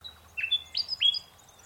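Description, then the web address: Bird giving three short, clear whistled notes, each rising then holding steady, over a faint low hum. A call, recorded in mangroves. "Sound Effects-Foundation 1 BIRD UNKNOWN MAGROVES"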